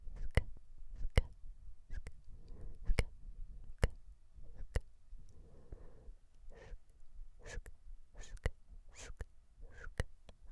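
Mouth sounds: sharp wet clicks and lip pops land every half second or so, some bright and snappy, others softer. Between them come brief murmured smacks and breathy movements, with a faint low rumble underneath.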